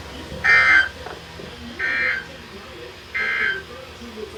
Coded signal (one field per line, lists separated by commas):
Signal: Emergency Alert System (SAME) tones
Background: speech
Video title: Little Bit Of Everything (EAS 641-659)